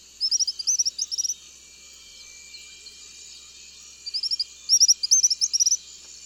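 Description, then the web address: Tropical kingbird calling in two bursts of quick, high, chattering notes separated by a pause, with a thin steady drone throughout. Recorded in the eastern lowlands of South America. "Natures Songs S America Eastern Lowlands. Tropical Kingbird"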